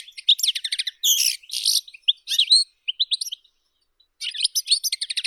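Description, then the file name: European goldfinch song: rapid twittering phrases of tinkling, liquid notes and buzzy trills, a short pause near four seconds, then more quick chattering notes. "Golosa ptic - CSHegol Carduelis carduelis"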